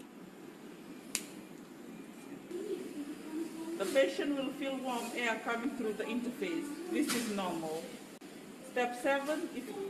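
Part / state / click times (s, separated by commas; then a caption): patient interface tube into heated breathing tube connector / seated / 1.2 s. A patient interface tube is pushed onto the heated breathing tube of a high-flow oxygen device, and a single sharp click is heard at 1.2 s as the connection seats. Someone then talks for the rest of the clip.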